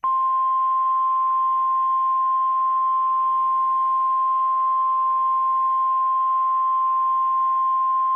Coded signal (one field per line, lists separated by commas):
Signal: Emergency Alert System (SAME) tones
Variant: 1050 Hz attention tone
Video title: (2K SUBS SPECIAL) Rating EAS alarms from all around the world